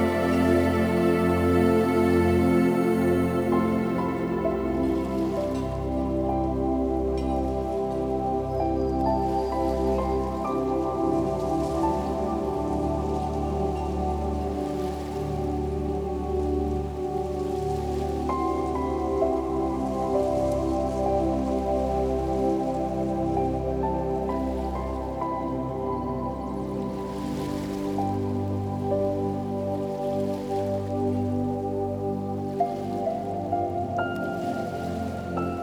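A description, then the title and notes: Soft piano plays slow, sustained chords that shift every few seconds, the notes ringing and overlapping in a warm, low-to-middle register. Beneath them runs a steady hiss of falling water, with faint splashes and drips breaking through now and then. Pleasant Piano by the Falls.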